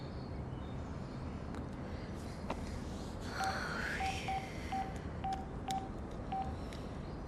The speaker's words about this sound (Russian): Надя звонит по телефону.